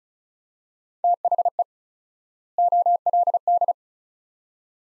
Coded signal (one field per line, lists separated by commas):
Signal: Morse code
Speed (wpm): 36 wpm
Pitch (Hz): 700 Hz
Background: none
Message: THE OLD